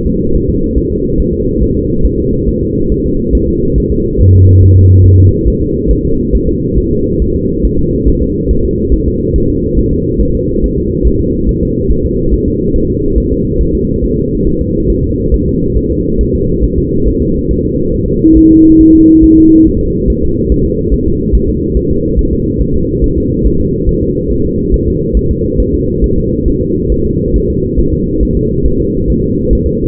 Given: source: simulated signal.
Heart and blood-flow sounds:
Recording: fetal heart sounds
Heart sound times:
0.07 s: S2
0.36 s: S1
0.49 s: S2
0.78 s: S1
0.92 s: S2
1.20 s: S1
1.34 s: S2
1.63 s: S1
1.77 s: S2
2.05 s: S1
2.19 s: S2
2.49 s: S1
2.63 s: S2
2.92 s: S1
3.06 s: S2
3.35 s: S1
3.49 s: S2
3.78 s: S1
3.92 s: S2
4.21 s: S1
4.35 s: S2
4.63 s: S1
4.77 s: S2
5.06 s: S1
5.20 s: S2
5.48 s: S1
5.62 s: S2
5.91 s: S1
6.05 s: S2
6.35 s: S1
6.49 s: S2
6.78 s: S1
6.92 s: S2
7.22 s: S1
7.36 s: S2
7.65 s: S1
7.79 s: S2
8.08 s: S1
8.22 s: S2
8.51 s: S1
8.65 s: S2
8.94 s: S1
9.08 s: S2
9.36 s: S1
9.50 s: S2
9.79 s: S1
9.93 s: S2
10.21 s: S1
10.35 s: S2
10.64 s: S1
10.78 s: S2
11.07 s: S1
11.21 s: S2
11.49 s: S1
11.63 s: S2
11.92 s: S1
12.05 s: S2
12.34 s: S1
12.48 s: S2
12.76 s: S1
12.90 s: S2
13.18 s: S1
13.32 s: S2
13.61 s: S1
13.75 s: S2
14.04 s: S1
14.18 s: S2
14.47 s: S1
14.61 s: S2
14.90 s: S1
15.04 s: S2
15.34 s: S1
15.48 s: S2
15.77 s: S1
15.92 s: S2
16.21 s: S1
16.35 s: S2
16.64 s: S1
16.78 s: S2
17.08 s: S1
17.22 s: S2
17.51 s: S1
17.65 s: S2
17.94 s: S1
18.08 s: S2
18.37 s: S1
18.52 s: S2
18.81 s: S1
18.95 s: S2
19.24 s: S1
19.38 s: S2
19.67 s: S1
19.81 s: S2
20.10 s: S1
20.24 s: S2
20.52 s: S1
20.66 s: S2
20.94 s: S1
21.08 s: S2
21.35 s: S1
21.49 s: S2
21.77 s: S1
21.91 s: S2
22.19 s: S1
22.33 s: S2
22.61 s: S1
22.76 s: S2
23.04 s: S1
23.18 s: S2
23.46 s: S1
23.61 s: S2
23.89 s: S1
24.03 s: S2
24.31 s: S1
24.46 s: S2
24.74 s: S1
24.88 s: S2
25.17 s: S1
25.31 s: S2
25.60 s: S1
25.74 s: S2
26.04 s: S1
26.18 s: S2
26.48 s: S1
26.62 s: S2
26.92 s: S1
27.06 s: S2
27.36 s: S1
27.50 s: S2
27.80 s: S1
27.94 s: S2
28.23 s: S1
28.37 s: S2
28.66 s: S1
28.80 s: S2
29.10 s: S1
29.24 s: S2
29.53 s: S1
29.67 s: S2
From the record:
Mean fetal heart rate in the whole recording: 140 bpm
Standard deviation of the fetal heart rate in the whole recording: 2 bpm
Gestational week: 34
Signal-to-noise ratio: -15.3 dB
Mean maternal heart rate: 72 bpm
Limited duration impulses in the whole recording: present

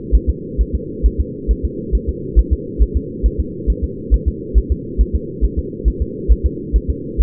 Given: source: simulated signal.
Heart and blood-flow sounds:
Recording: fetal heart sounds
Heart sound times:
0.15 s: S1
0.30 s: S2
0.61 s: S1
0.75 s: S2
1.06 s: S1
1.21 s: S2
1.51 s: S1
1.65 s: S2
1.95 s: S1
2.09 s: S2
2.39 s: S1
2.53 s: S2
2.82 s: S1
2.97 s: S2
3.26 s: S1
3.40 s: S2
3.70 s: S1
3.84 s: S2
4.14 s: S1
4.28 s: S2
4.58 s: S1
4.72 s: S2
5.01 s: S1
5.16 s: S2
5.45 s: S1
5.59 s: S2
5.88 s: S1
6.02 s: S2
6.32 s: S1
6.46 s: S2
6.76 s: S1
6.90 s: S2
7.21 s: S1
From the record:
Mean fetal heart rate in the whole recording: 135 bpm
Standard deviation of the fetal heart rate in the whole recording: 3 bpm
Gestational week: 34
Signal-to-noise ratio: -4.1 dB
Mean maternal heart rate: no maternal heart sound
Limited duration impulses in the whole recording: absent

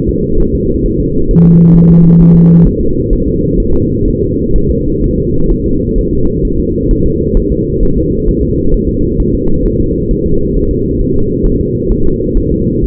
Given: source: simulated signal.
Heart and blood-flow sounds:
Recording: fetal heart sounds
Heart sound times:
0.09 s: S2
0.40 s: S1
0.55 s: S2
0.86 s: S1
1.00 s: S2
1.31 s: S1
1.46 s: S2
1.76 s: S1
1.91 s: S2
2.21 s: S1
2.36 s: S2
2.67 s: S1
2.81 s: S2
3.13 s: S1
3.28 s: S2
3.60 s: S1
3.75 s: S2
4.08 s: S1
4.22 s: S2
4.56 s: S1
4.71 s: S2
5.04 s: S1
5.19 s: S2
5.51 s: S1
5.66 s: S2
5.98 s: S1
6.13 s: S2
6.45 s: S1
6.60 s: S2
6.91 s: S1
7.06 s: S2
7.37 s: S1
7.52 s: S2
7.83 s: S1
7.97 s: S2
8.28 s: S1
8.43 s: S2
8.74 s: S1
8.89 s: S2
9.20 s: S1
9.34 s: S2
9.66 s: S1
9.80 s: S2
10.11 s: S1
10.26 s: S2
10.56 s: S1
10.71 s: S2
11.01 s: S1
11.16 s: S2
11.47 s: S1
11.61 s: S2
11.92 s: S1
12.06 s: S2
12.37 s: S1
12.52 s: S2
12.84 s: S1
From the record:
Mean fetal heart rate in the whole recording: 130 bpm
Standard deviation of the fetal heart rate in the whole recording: 4 bpm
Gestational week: 38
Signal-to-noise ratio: -16.4 dB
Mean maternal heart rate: 72 bpm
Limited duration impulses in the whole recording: present

